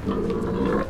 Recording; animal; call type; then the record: contact call of a hoofed animal; wild boar; grunt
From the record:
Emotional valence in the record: negative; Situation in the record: naturally occurring agonistic interactions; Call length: 0.89 s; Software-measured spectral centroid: 1220 Hz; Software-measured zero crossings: 910 a second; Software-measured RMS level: -24 dBFS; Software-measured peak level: -12 dBFS